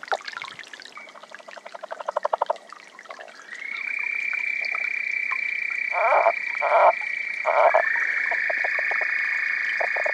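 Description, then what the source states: Lowland leopard frog calling: a pulsed rattle growing louder over about two seconds, then several low grunting chuckles, with a steady high drone starting partway through. Recorded in Arizona.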